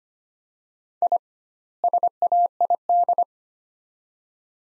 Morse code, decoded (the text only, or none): I SAID